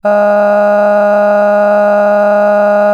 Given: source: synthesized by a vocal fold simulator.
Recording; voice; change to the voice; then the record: sustained vowel; female; cycle-to-cycle stiffness perturbation (roughness), level 4 of 10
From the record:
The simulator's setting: 2.46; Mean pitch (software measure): 206 Hz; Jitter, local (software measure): 1.18%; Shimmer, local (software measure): 8.9%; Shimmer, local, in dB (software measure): 0.78 dB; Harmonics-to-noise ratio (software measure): 18.0 dB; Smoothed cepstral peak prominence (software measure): 17.0 dB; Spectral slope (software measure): -21.9 dB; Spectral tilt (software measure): -10.8 dB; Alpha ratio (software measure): -12.3 dB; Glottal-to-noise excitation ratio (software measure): 0.966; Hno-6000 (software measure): 2.3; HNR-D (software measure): 36.3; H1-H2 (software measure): 6.9 dB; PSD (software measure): 5.0e-05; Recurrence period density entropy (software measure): 0.120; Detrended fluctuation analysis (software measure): 0.0277